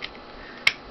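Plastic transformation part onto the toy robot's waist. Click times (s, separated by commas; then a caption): 0.7 s. During transformation of a plastic Human Alliance Barricade toy robot figure, a plastic part is pushed so it clips onto the robot's waist and holds there. A faint tick at 0.0 s is followed by a sharp, bright snap at 0.7 s as the part seats in place.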